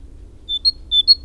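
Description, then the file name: Great tit giving two quick high two-note pairs, a lower note then a higher one, above a faint low hum. "Parus major"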